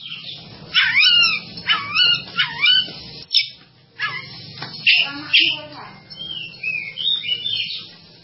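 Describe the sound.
Bird song of swooping whistled notes that rise and fall sharply, delivered in quick phrases with short gaps, over a steady low hum.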